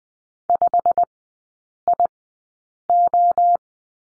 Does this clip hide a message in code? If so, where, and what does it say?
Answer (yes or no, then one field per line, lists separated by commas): yes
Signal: Morse code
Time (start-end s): 0.5-3.6 s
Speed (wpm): 20 wpm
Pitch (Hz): 700 Hz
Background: none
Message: 5IO